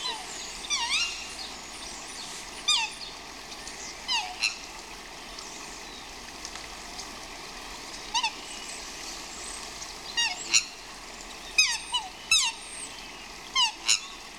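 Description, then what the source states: Swans squawking repeatedly, with nasal, falling calls, some single and some doubled, spread throughout against a constant hiss. Swans squawking outdoors.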